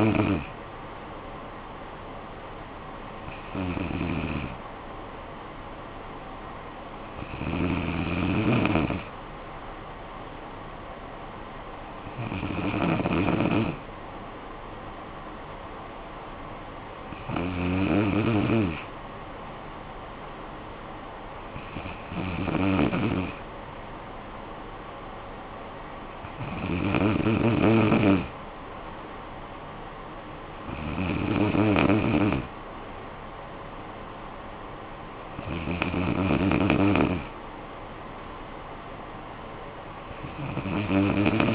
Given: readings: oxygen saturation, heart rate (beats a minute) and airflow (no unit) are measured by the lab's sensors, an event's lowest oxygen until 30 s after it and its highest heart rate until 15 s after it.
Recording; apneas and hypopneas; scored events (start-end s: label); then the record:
breathing in sleep by a voice recorder at the bedside; none
none scored
From the record:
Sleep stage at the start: N2 (light sleep); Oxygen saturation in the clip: 93 to 94%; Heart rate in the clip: 54 to 60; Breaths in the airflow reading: 9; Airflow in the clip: -9.3 to 5.6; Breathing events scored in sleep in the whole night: 445 in 7.6 hours asleep